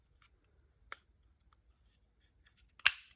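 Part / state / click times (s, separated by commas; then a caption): storage compartment cover in a shotgun collapsible stock / seated / 2.9 s. The storage compartment cover in the collapsible stock of a Benelli M4 shotgun, a stock from RX Arms, is closed and snaps into place. After faint ticks and a sharp tick at 0.9 s, a crisp, loud click lands at 2.9 s with a brief ring-out. The cover seats with a firm, positive click.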